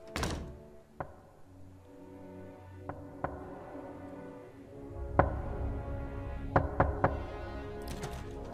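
Irregular dull thuds and knocks, like someone rapping on a door or stomping, land in scattered single and paired hits over a steady low rumble, with no voices.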